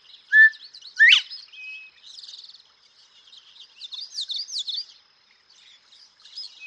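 Northern bobwhite giving one two-part whistle, a brief flat note then a loud upslurred note, with soft high twittering of other birds continuing afterward.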